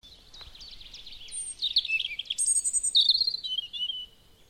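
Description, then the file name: European robin song: a rapid wavering run of thin notes leading into higher piercing whistles and a final slurred trill. "Erithacus rubecula"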